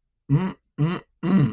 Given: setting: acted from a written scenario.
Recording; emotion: vocal sound without words; desire